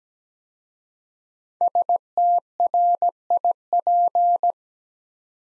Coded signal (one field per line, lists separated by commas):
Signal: Morse code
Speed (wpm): 17 wpm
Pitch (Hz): 700 Hz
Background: none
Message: STRIP